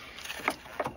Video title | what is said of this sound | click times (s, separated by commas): Courroie Distribution Dacia LODGY 2012 1,5 DCI 90 Cv | et ça se clipse très facilement. | 0.5 s